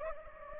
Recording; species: mosquito wingbeat signal from an infrared sensor; Anopheles gambiae